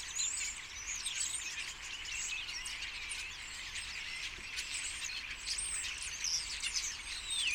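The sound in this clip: Common starling flock calling together: constant busy chatter of clicks and shrill whistles, with a clear falling whistle near the end.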